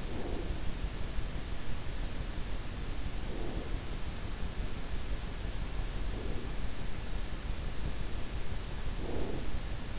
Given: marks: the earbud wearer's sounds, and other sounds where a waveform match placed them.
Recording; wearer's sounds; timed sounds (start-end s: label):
sounds in sleep by an in-ear microphone; breath
0.00-0.54 s: breath
3.26-3.68 s: breath
6.07-6.52 s: breath
8.95-9.43 s: breath